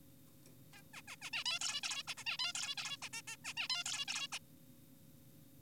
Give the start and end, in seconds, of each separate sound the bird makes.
0.74-0.82, 0.94-1.02, 1.08-1.16, 1.22-1.30, 1.33-1.44, 1.46-1.59, 1.61-1.81, 1.83-2.03, 2.08-2.14, 2.18-2.24, 2.26-2.37, 2.39-2.53, 2.55-2.75, 2.78-2.97, 3.02-3.08, 3.13-3.22, 3.28-3.36, 3.45-3.54, 3.57-3.68, 3.70-3.84, 3.86-4.05, 4.08-4.28, 4.32-4.39